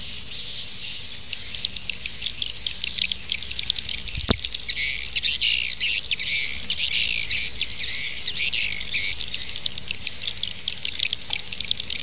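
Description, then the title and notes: Swiftlets twittering: dense, high, buzzy chirps in quick irregular bursts, overlapping over a faint thin tone, with one sharp click partway through. Swiftlet sound used in swiftlet farming in Asia. "Swiflet Bird Sound. Farming Swiflet Bird asia sound"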